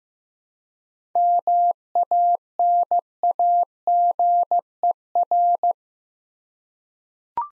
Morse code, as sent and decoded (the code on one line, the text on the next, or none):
-- .- -. .- --. . .-.
MANAGER